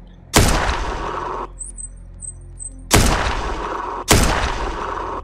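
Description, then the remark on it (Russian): Three loud, sharp gunshots from beyond a fence, each trailing off in a rumbling tail; a long pause follows the first, with faint high bird chirps in the gap, then two more shots in quick succession. “Выстрел, теперь уже один.”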